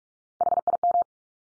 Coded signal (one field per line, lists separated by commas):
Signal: Morse code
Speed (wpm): 44 wpm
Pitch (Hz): 700 Hz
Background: none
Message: HIM